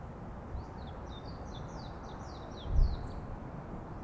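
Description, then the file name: Bird song, a faint series of high descending whistled slurs repeated rapidly over steady low rumbling background noise, with a brief thump about three-quarters of the way through. Birds singing in the forest. "freesound singing birds in the forest"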